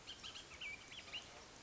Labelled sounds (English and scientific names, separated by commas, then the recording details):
Bullock's Oriole (Icterus bullockii)
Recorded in Sonoma County, California